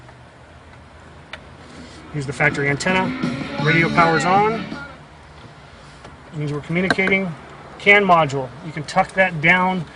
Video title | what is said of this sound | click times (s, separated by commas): Rosen PR-CR1210-US Navigation in 2014 Jeep Wrangler installation | it in make sure everything seats correctly you get that snap click in place | 1.3 s